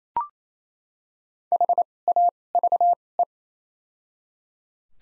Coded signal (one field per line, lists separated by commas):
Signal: Morse code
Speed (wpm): 28 wpm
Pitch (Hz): 700 Hz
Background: none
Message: HAVE